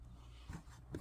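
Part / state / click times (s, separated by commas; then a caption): 3D-printed plastic piece into its mating printed part / not seated / none. A glow-in-the-dark Kingroon PLA 3D-printed piece is handled against its mating printed part after a sizing fix, with brief soft scuffs and taps over a steady low hum. Nothing has seated or clicked into place yet.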